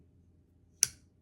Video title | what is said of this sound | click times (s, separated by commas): Unboxing my holy grail Chris Reeve USA-made Large Sebenza 31 Drop Point knife. | and there's that classic click this is the large saena | 0.8 s